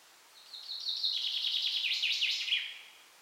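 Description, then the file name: Common chaffinch song: a single bright phrase of about two seconds, a rapid descending series of trilled notes that ends in a quick flourish, over faint background hiss. "Fringilla coelebs"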